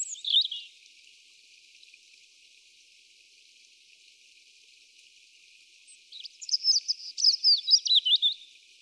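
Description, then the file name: European robin giving a brief high twittering note, then a long pause, followed by a quick jumbled phrase of high, thin warbles. "Erithacus rubecula"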